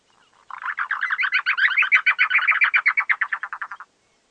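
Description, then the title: Chotoy spinetail giving a fast, rattling chatter of many harsh notes over about three seconds, loudest in the middle and fading slightly at the end. Subspecies phryganophilus. "LuckyPassaro Completos2Sama. Chotoy Spinetail (Schoeniophylax phryganophilus phryganophilus)"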